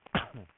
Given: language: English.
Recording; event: throat vibration sensor signal played as sound; cough